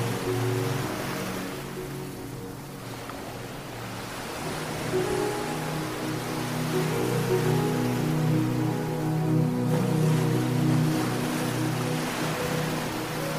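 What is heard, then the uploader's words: Slow, sustained low and mid notes of gentle music hold steady over a continuous wash of ocean waves that swells slightly after four seconds. Relaxing combination of soothing music and ocean waves sounds.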